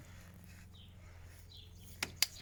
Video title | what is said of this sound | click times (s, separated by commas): Remplacement volant moteur et embrayage sur Golf 5 TDI 90CV (Partie 2) | voilà faut faire sauter le clips sortir le tuyau | 2.0 s, 2.2 s